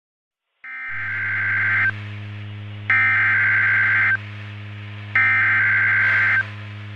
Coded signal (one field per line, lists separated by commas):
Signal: Emergency Alert System (SAME) tones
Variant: header bursts